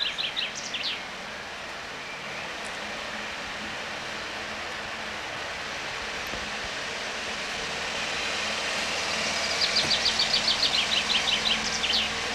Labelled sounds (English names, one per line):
Common Chaffinch song